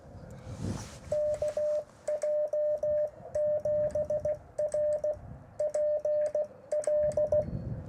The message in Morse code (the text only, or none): KJ7RPL